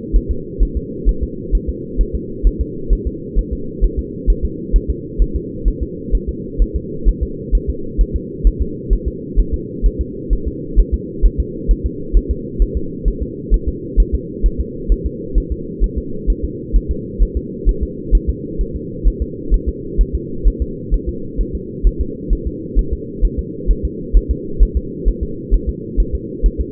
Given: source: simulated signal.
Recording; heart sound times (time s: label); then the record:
fetal heart sounds
0.16 s: S1
0.31 s: S2
0.63 s: S1
0.77 s: S2
1.09 s: S1
1.23 s: S2
1.55 s: S1
1.69 s: S2
2.01 s: S1
2.15 s: S2
2.47 s: S1
2.61 s: S2
2.93 s: S1
3.07 s: S2
3.39 s: S1
3.53 s: S2
3.84 s: S1
3.99 s: S2
4.30 s: S1
4.45 s: S2
4.76 s: S1
4.90 s: S2
5.22 s: S1
5.36 s: S2
5.68 s: S1
5.82 s: S2
6.15 s: S1
6.29 s: S2
6.62 s: S1
6.76 s: S2
7.09 s: S1
7.23 s: S2
7.55 s: S1
7.70 s: S2
8.01 s: S1
8.16 s: S2
8.47 s: S1
8.62 s: S2
8.93 s: S1
9.08 s: S2
9.40 s: S1
9.54 s: S2
9.86 s: S1
10.01 s: S2
10.33 s: S1
10.47 s: S2
10.79 s: S1
10.94 s: S2
11.25 s: S1
11.40 s: S2
11.71 s: S1
11.86 s: S2
12.17 s: S1
12.31 s: S2
12.62 s: S1
12.77 s: S2
13.08 s: S1
13.22 s: S2
13.54 s: S1
13.69 s: S2
14.00 s: S1
14.15 s: S2
14.46 s: S1
14.60 s: S2
14.92 s: S1
15.06 s: S2
15.38 s: S1
15.52 s: S2
15.84 s: S1
15.98 s: S2
16.30 s: S1
16.44 s: S2
16.76 s: S1
16.91 s: S2
17.23 s: S1
17.37 s: S2
17.69 s: S1
17.83 s: S2
18.15 s: S1
18.29 s: S2
18.61 s: S1
18.76 s: S2
19.07 s: S1
19.22 s: S2
19.54 s: S1
19.69 s: S2
20.01 s: S1
20.15 s: S2
20.48 s: S1
20.62 s: S2
20.94 s: S1
21.09 s: S2
21.41 s: S1
21.55 s: S2
21.87 s: S1
22.01 s: S2
22.33 s: S1
22.47 s: S2
22.79 s: S1
22.93 s: S2
23.25 s: S1
23.39 s: S2
23.71 s: S1
23.85 s: S2
24.17 s: S1
24.31 s: S2
24.63 s: S1
24.77 s: S2
25.09 s: S1
25.23 s: S2
25.54 s: S1
25.69 s: S2
26.00 s: S1
26.15 s: S2
26.46 s: S1
26.60 s: S2
From the record:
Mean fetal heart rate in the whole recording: 130 bpm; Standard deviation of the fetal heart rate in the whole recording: 2 bpm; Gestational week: 36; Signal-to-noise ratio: -4.3 dB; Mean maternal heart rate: 72 bpm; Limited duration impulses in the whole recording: absent